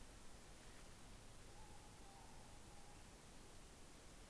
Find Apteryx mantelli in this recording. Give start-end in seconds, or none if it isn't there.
none